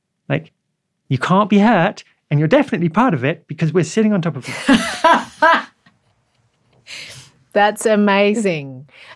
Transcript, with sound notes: Like, you can't be hurt, and you're definitely part of it, because we're sitting on top of you.
(Laughs) That's amazing.